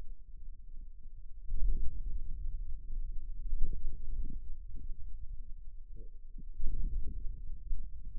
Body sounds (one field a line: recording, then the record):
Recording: forearm muscle sounds (acoustic myography)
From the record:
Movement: radial deviation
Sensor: system 2, bracelet of six BSWA MPA416 microphones around the upper forearm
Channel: 2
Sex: male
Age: 22 years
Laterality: right